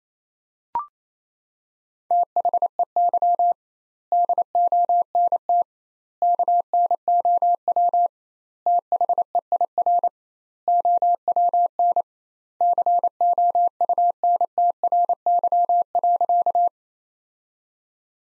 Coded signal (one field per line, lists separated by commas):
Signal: Morse code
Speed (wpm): 28 wpm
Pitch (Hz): 700 Hz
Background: none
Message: THEY DONT KNOW THEIR OWN COUNTRY.